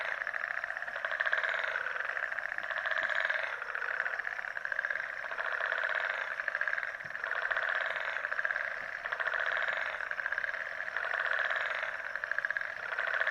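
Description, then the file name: Frogs calling together in a steady pulsing chorus, rising and falling in loudness every couple of seconds without pause. Frog chorus recorded in Mauritius. "Mauritius Frog Symphony"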